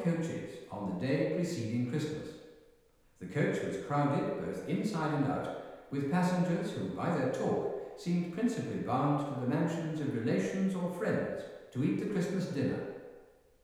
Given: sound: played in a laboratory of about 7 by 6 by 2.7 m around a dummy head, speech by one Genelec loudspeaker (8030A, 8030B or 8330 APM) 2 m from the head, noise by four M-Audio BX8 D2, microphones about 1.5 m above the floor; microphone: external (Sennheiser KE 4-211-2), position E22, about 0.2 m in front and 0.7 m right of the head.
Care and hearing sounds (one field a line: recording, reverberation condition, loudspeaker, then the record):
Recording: male speech in English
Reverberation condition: high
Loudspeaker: 150 degrees to the left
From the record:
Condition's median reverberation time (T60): about 1300 ms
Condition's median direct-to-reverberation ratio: about -4.0 dB